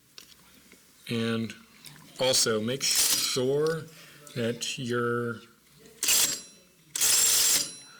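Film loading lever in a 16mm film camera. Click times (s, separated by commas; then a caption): 0.2 s. After film is threaded into a Bolex H16 16mm film camera, its metal loading lever is pushed down and clicks into place with a sharp, short click at 0.2 s in a quiet stretch, so the lever is seated. Someone then talks, and two loud bursts of broadband noise follow at about 6.0 s and 7.0 s.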